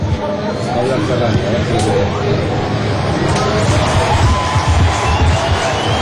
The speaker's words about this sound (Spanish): Los aplausos son porque por la voz del estadio están dando las formaciones.